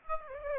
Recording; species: mosquito wingbeat signal from an infrared sensor; Aedes aegypti